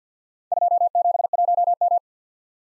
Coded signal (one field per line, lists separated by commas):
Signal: Morse code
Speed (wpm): 46 wpm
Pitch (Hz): 700 Hz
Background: none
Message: 271M